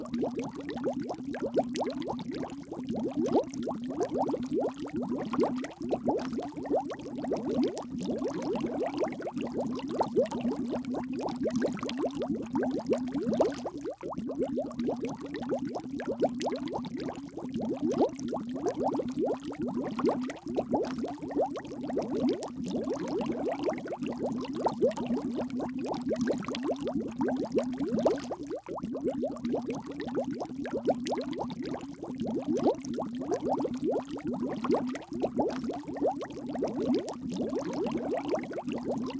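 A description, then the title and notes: Medium-sized bubbles rise and pop in a steady, dense stream, each one a short liquid blip over a low, bubbling drone. The pace stays even for the whole length, with no pauses or swells, and the sound is fairly mellow. Medium Sized Bubbles Ambience.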